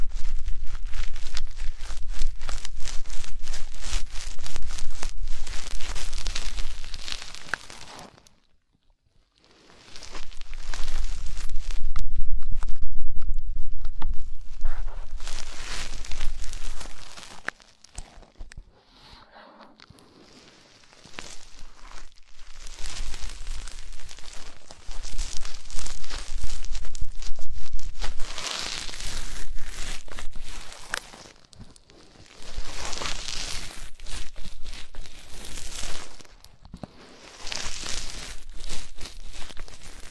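Deep ear cleaning and massage: dense, scratchy rubbing and crinkling sounds fill most of the clip, bright and busy with a low rumble underneath. The rustling comes in long stretches broken by short silences near 9, 19 and 32 seconds.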